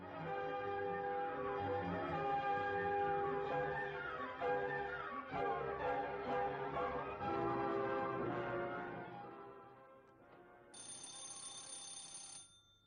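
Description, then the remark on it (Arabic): The doorbell of a darkened apartment rings with a long, layered melodic chime of overlapping tones for several seconds, followed by a brief shrill, high-pitched ring before it cuts off. No one speaks. “اطلع احسن اضرب الجرس اشوف اللي جوه ايه، لو في حد هعرف.”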